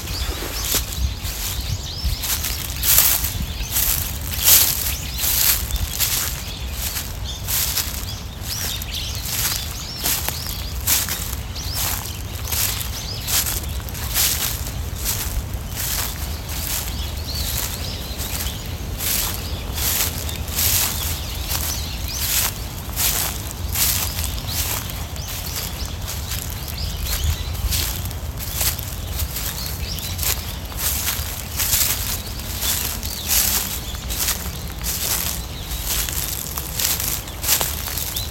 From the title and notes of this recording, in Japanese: 公園の朝散歩より632鳥とおちば。朝、公園で聴こえてくる小川のせせらぎや滝のオト、小鳥のさえずりや落ち葉ふみなど。